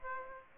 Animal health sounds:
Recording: mosquito wingbeat signal from an infrared sensor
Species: Aedes aegypti

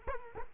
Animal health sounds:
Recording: mosquito wingbeat signal from an infrared sensor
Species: Culex quinquefasciatus

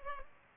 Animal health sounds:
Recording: mosquito wingbeat signal from an infrared sensor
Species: Culex pipiens

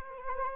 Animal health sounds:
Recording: mosquito wingbeat signal from an infrared sensor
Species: Anopheles arabiensis

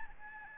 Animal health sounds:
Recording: mosquito wingbeat signal from an infrared sensor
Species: Aedes albopictus

